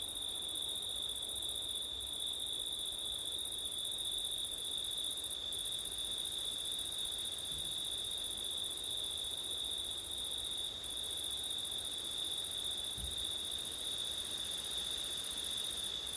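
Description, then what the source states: Cricket chorus: continuous high-pitched trilling that never pauses, with a thinner, higher buzzing layer flickering off a few times and a low breath of wind. Crickets on a September night, with wind; ortif (ORTF) microphone setup.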